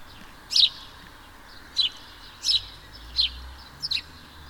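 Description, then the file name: House sparrow chirping: five short, bright chirps, the last one doubled, over a faint low hum. "Passer domesticus"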